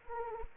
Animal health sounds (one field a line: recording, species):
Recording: mosquito wingbeat signal from an infrared sensor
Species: Anopheles arabiensis